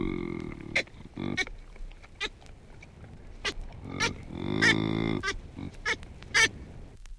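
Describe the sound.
Baboon calls: low, drawn-out harmonic cries broken by sharp clicking barks scattered through the recording.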